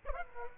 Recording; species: mosquito wingbeat signal from an infrared sensor; Aedes aegypti